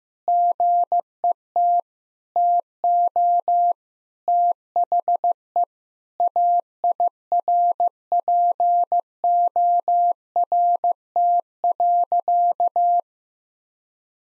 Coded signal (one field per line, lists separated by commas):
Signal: Morse code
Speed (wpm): 15 wpm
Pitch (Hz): 700 Hz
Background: none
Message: GET TO THE AIRPORT.